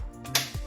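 The lowering lock mechanism of an overhead patient lift motor is raised with the thumbs and pushed up too far, producing a soft rising slide followed by a sharp click at 0.4 s. The click means the lock has snapped back into its locked detent and will not unlock, so the lowering has to be restarted.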